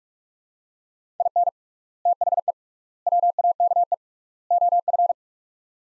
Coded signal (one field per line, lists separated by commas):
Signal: Morse code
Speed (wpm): 46 wpm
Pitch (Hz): 700 Hz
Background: none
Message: IN THE WAKE OF